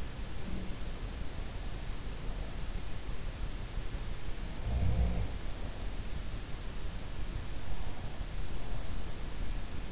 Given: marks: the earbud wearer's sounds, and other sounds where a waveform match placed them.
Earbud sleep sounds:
sounds in sleep by an in-ear microphone; breath
0.00-1.03 s: breath
4.38-5.84 s: sound from someone else or the room

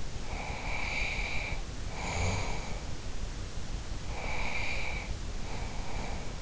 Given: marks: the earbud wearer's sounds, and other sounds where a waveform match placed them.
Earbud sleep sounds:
sounds in sleep by an in-ear microphone; breath
0.22-2.98 s: breath
4.05-6.42 s: breath

